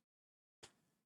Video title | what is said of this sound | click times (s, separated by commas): Dé les termes n°19 - Les dés | et ça se déclipse. | 0.6 s